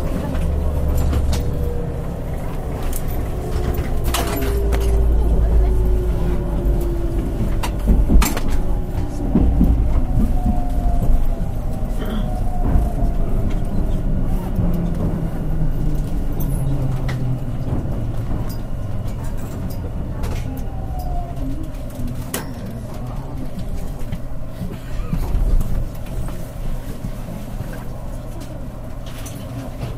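Inside a Nankai 50000 series train running toward Namba, a steady low rumble carries rising and falling motor whines, with occasional sharp clicks throughout.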